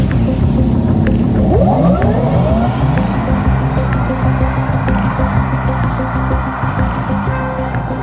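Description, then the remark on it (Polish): An electric car's pedestrian warning sound: a loud, continuous synthetic hum with layered tones that glide up and down in pitch over a steady low drone, with no one speaking. “Niektóre marki oferują kilka opcji dźwięku, który kierowca może sobie wybrać.”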